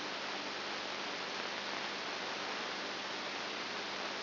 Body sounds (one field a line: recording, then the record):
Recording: brain microelectrode recording played as sound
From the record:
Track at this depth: inside the subthalamic nucleus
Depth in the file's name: 5.7 mm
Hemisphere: right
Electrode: 2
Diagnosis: Parkinson's disease